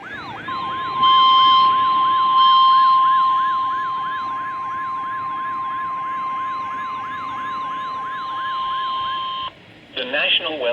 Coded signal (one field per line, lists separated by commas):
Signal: Emergency Alert System (SAME) tones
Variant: 1050 Hz attention tone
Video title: EAS/NWR Alert or message #721-722: Severe Thunderstorm Watch #403